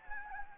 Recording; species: mosquito wingbeat signal from an infrared sensor; Anopheles gambiae